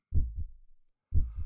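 Deep, steady thumps of an adult heartbeat in a clear lub-dub pattern: a stronger first sound followed closely by a softer second, repeating about once a second, near 60 beats a minute. This is an ordinary, regular heartbeat within the usual resting range.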